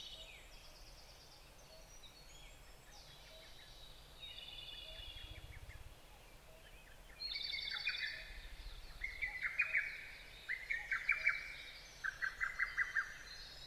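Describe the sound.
Bird chorus with several singers overlapping, bright warbled phrases and, near the end, a bird repeating short trilled notes.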